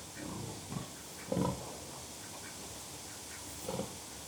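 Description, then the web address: Pig grunting, low gruff grunts spaced irregularly, the loudest early on and another near the end, over a faint hiss. Pigs grunting; livestock. "The BBC Sound Effects Library Livestock Pigs Grunting"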